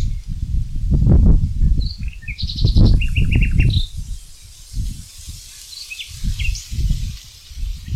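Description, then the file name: Common nightingale singing short varied phrases and a quick chattering run, partly masked by loud low rumbling noise throughout. "Luscinia megarhynchos"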